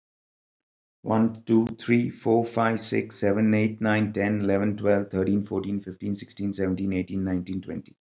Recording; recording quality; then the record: counting at a fast pace; excellent, no background noise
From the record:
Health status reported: healthy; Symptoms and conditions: none ticked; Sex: male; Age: 47 years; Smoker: yes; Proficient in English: yes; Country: India